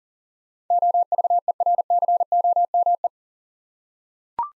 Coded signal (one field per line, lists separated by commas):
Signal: Morse code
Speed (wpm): 37 wpm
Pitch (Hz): 700 Hz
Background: none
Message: OVERCOME